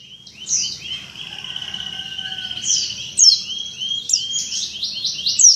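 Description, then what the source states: White-eye song with sweeping high notes and chattering runs over a steady buzzy tone and a faint lower whistle; low background hum throughout. 'Dakun ngalas ngeroll' song.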